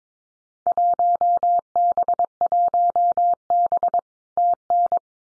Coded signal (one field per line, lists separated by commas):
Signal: Morse code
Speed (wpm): 22 wpm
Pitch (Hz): 700 Hz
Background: none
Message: 1B 1B TN